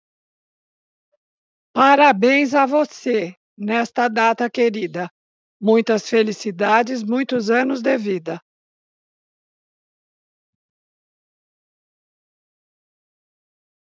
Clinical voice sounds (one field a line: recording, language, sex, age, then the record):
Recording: short text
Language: Brazilian Portuguese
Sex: female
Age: 70 to 79 years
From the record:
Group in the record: control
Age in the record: 71 years